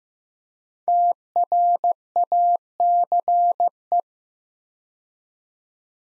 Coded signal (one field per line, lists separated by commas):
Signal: Morse code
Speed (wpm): 15 wpm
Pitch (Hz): 700 Hz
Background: none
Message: TRACE